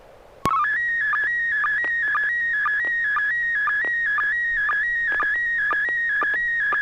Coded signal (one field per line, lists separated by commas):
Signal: SSTV (slow-scan television)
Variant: PD 120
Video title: N6NA SSTV Net - 01/26/2022